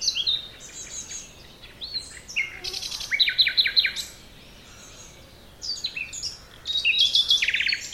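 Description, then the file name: Common nightingale song: bright varied phrases with a loud rapid trill around three seconds, a brief pause, then more quick chirping trills. "Luscinia megarhynchos"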